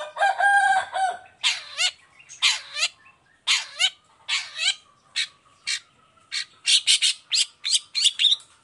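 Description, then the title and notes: Long-tailed shrike song, a harsh run of buzzy notes first, then several sharp rasping notes, later quickening into rapid chattering bursts. Cendet singing gacor (nonstop) in the morning with 'toet toet' voice variations; offered as a clear, varied song for other cendet to imitate. "Cendet Gacor Dor Di Kala Pagi Toet Toet Variasi Suara. Efektif Cendet Gacor Suara Jernih Full Variasi Sangat Mudah Di Tiru Cendet Jenis Apapun. Burung cendet"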